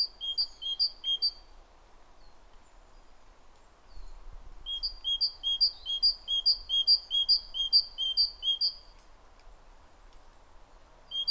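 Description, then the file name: Great tit song of paired high, clear notes, a short burst first, then after a pause a longer, steady run of repeated pairs. "Parus major"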